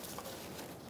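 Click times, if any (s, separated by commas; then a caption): none. A wiring harness connector is being handled onto the new crankshaft position sensor of a 2014-2018 Chevrolet Silverado 1500, with only faint, steady low-level handling noise heard. Nothing has seated or clicked yet.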